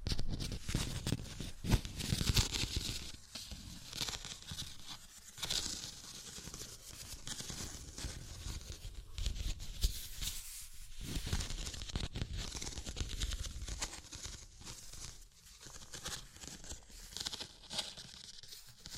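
Tapping, scratching and tracing sounds fill the clip, a dense, crackly texture of rough scrapes and crinkling that shifts constantly in loudness. Brighter scratchy bursts alternate with low thumps and brief quieter gaps, with sharper taps near 2 and 10 seconds.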